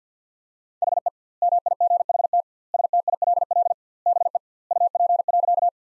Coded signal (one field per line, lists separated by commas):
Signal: Morse code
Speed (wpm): 50 wpm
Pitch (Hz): 700 Hz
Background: none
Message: HE MIGHT STILL BE UP.